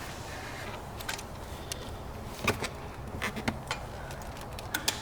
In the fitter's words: click. There we go.